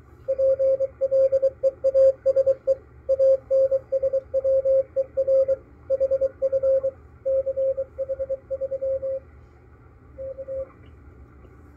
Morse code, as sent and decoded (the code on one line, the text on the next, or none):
.--. .-.. . .- ... . / .- -. ... .-- . .-. / .... ..-. / -.-. .... ...-- / -.-
PLEASE ANSWER HF CH3 K